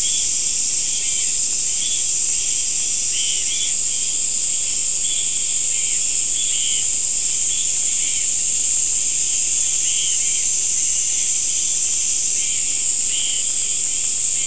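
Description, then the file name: Insect chorus: a continuous high hiss-like drone throughout, with scattered brief chirps sounding intermittently in the background. "mainly insect"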